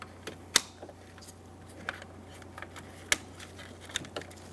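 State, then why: Seated. Plastic wiring harness connectors are pushed into the power window and lock switch on the interior door panel of a 1988-1999 GMC K1500. Sharp clicks at 0.6 s and 3.1 s mark them seating, with quieter ticks and handling noise between. The connectors are locked in.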